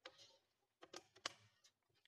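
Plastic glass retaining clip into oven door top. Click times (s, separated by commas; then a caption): 0.1 s, 1.3 s. A plastic glass retaining clip is pushed back onto the top edge of a Beko oven door, over the inner glass, going in at either side. Sharp clicks at 0.1 s and 1.3 s, with fainter ticks in between, mark the clip locking into place.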